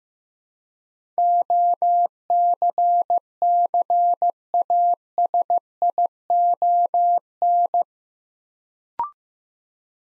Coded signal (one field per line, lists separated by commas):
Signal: Morse code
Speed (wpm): 15 wpm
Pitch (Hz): 700 Hz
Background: none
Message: OCCASION